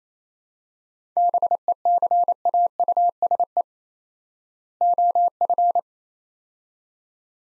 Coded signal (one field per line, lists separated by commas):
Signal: Morse code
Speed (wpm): 28 wpm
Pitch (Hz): 700 Hz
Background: none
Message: BECAUSE OF